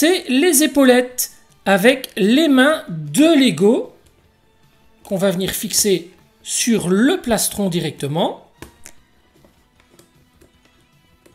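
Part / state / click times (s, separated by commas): plastic shoulder pad into figure chest plate / not seated / none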